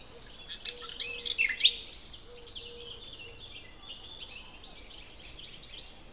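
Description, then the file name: Common nightingale giving a brief burst of rapid high chirps and whistled notes, while a faint low tone repeats steadily in the background. "Luscinia megarhynchos"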